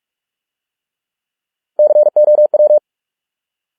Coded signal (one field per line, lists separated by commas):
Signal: Morse code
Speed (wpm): 46 wpm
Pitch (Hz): 600 Hz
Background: none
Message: COW